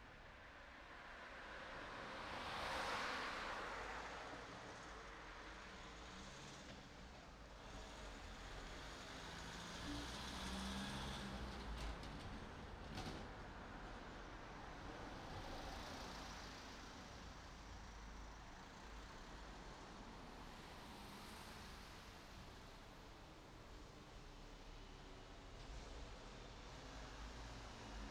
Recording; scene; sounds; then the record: everyday scene through a hearing-aid microphone; in traffic; traffic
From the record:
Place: city secondary road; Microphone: in the ear canal, right